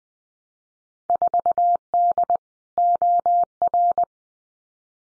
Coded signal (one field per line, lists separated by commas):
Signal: Morse code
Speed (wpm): 20 wpm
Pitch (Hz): 700 Hz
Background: none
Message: 4D OR